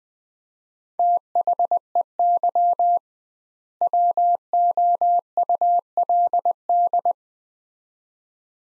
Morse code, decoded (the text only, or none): THEY WOULD